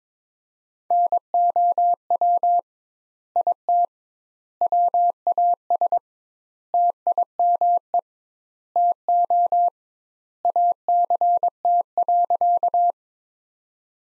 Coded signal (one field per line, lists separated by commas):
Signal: Morse code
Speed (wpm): 22 wpm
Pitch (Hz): 700 Hz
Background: none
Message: NOW IT WAS TIME TO ACT.